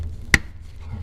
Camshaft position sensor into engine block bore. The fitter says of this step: push it down it'll snap into place like this and then put your 10 millimeter bolt